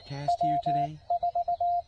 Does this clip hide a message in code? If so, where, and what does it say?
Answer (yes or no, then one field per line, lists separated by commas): yes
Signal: Morse code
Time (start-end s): 0.3-1.8 s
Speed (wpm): 19 wpm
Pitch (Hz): 700 Hz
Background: speech, radio noise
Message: W4